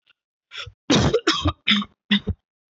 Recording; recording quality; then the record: heavy voluntary cough; excellent, no background noise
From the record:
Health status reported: COVID-19 positive, moderate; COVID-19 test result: positive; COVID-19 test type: RT-PCR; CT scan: not taken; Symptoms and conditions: cough, cold, sore throat, fever, fatigue, muscle pain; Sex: male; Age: 25 years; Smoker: no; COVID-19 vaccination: both doses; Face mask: not worn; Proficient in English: yes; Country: India